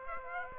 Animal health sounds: mosquito wingbeat signal from an infrared sensor; Aedes aegypti

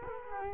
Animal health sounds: mosquito wingbeat signal from an infrared sensor; Culex quinquefasciatus

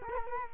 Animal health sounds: mosquito wingbeat signal from an infrared sensor; Culex quinquefasciatus

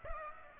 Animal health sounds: mosquito wingbeat signal from an infrared sensor; Aedes aegypti

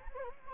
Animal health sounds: mosquito wingbeat signal from an infrared sensor; Anopheles gambiae

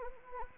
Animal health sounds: mosquito wingbeat signal from an infrared sensor; Anopheles arabiensis

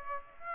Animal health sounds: mosquito wingbeat signal from an infrared sensor; Aedes aegypti

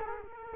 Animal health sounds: mosquito wingbeat signal from an infrared sensor; Culex quinquefasciatus

